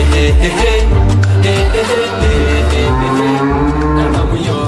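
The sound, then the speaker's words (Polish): Cows moo loudly and almost without pause, several deep, drawn-out bellows overlapping one another with a rich, buzzing harmonic tone. No one speaks. “Masajowie bardzo lubią krowy, są w naszym życiu bardzo ważne.”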